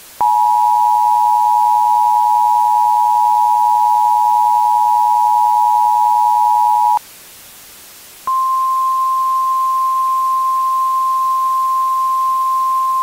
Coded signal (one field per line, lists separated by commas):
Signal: Emergency Alert System (SAME) tones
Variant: 853 and 960 Hz attention tone